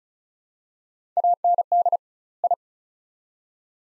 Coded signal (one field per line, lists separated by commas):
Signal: Morse code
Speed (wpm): 36 wpm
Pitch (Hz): 700 Hz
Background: none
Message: AND I